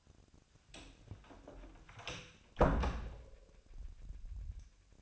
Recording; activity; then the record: daily activity, microphone in the room; close door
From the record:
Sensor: 2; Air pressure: 1007.2 hPa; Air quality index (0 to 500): 190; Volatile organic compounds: 12 ppm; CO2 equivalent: 2326 ppm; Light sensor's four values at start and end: 10/24/10/10 and 10/24/10/10